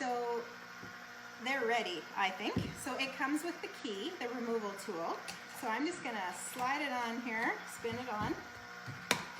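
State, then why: Released. A removal key is slid onto the stick of a frozen ice pop in a plastic quick-freeze mold and turned while someone talks. At 9.1 seconds a short, sharp pop is heard as the frozen pop breaks free and releases from the mold.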